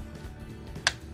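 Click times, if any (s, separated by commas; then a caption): 0.9 s. A plastic leg/body panel on the second side of a Transformers Legacy Evolution Voyager Class Leo Prime transforming robot toy is pressed into its mating slot. Against a low background hum, a single sharp click sounds at 0.9 s. The panel is fully clipped in.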